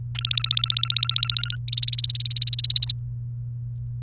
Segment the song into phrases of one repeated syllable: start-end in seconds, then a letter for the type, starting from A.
0.15-1.56 A, 1.68-2.92 B